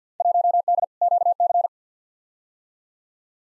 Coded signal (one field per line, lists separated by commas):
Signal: Morse code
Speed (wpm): 50 wpm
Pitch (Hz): 700 Hz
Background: none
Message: 1D QC